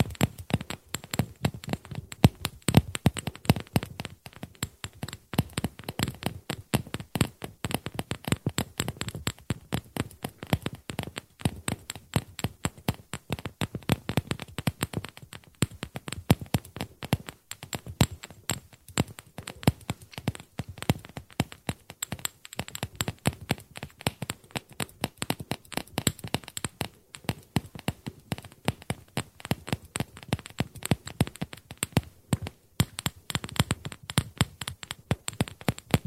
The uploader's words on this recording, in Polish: ŁYŻECZKI ASMR.